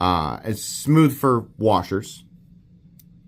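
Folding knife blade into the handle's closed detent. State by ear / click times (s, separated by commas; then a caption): seated / 3.0 s. Someone talks as a folding knife with a ZDP-189 steel blade, copper handle and washer pivot is closed by hand. At 3.0 s the blade snaps into the handle's closed detent with a faint, barely audible click, and it is seated.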